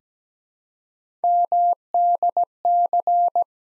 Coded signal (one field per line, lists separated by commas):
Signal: Morse code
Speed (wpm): 17 wpm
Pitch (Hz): 700 Hz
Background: none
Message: MDC